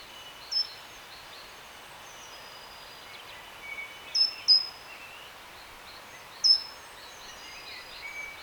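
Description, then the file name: Great tit calls: a lone high note, a close pair and another single, against a backdrop of bird twitters. "Parus major"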